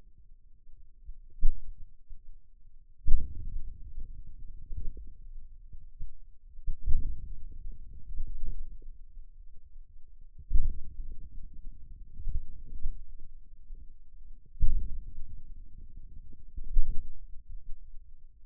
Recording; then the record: forearm muscle sounds (acoustic myography)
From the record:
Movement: outward rotation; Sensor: system 2, bracelet of six BSWA MPA416 microphones around the upper forearm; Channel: 2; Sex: male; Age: 22 years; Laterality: right